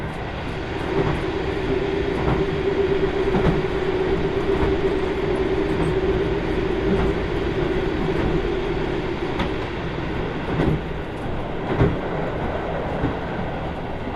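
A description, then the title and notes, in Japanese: Riding aboard the Kyushu Odan limited express on the Hohi Line, a steady low rumble of the train fills the clip. A sustained tone hums through the first half, fading after about seven seconds, while faint clicks of the wheels recur every second or two, with sharper knocks near eleven and twelve seconds. 耳で楽しむ鉄道旅 豊肥本線九州横断特急3号 豊後竹田→三重町。豊後竹田を出ると豊後大野市のある三重町へ向けて進んでいきます。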